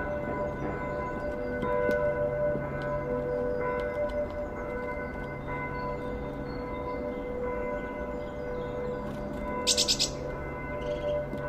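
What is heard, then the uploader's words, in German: Birds call in a waking forest, their voices scattered as short bright chirps over a steady low hum and sustained ringing tones. Near the tenth second a quick run of sharp, high notes stands out, then the calmer chirping resumes. Heute nehme ich Euch mit in ein Naturschutzgebiet im Schwarzwald. Die Vögel zum greifen nah, der Wald erwacht nach und nach.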